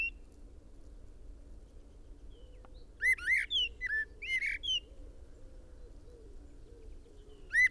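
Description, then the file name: Common blackbird song phrase of several mellow slurred whistles and a squeaky flourish, then quiet, with another phrase starting at the end; low hum behind. "Turdus merula"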